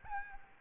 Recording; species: mosquito wingbeat signal from an infrared sensor; Aedes albopictus